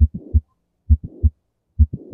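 Simulated heart sounds: a mid-to-late systolic click followed by a late systolic murmur, caused by mitral valve prolapse. Heard best at the cardiac apex with the patient in the left lateral position, using the diaphragm of the stethoscope.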